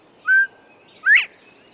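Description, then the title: Northern Bobwhite whistled call: a level clear note, then a short sharply rising, emphatic whistle about three-quarters of a second later, against faint steady background hiss. "How Did Bobwhites Get to Cuba?"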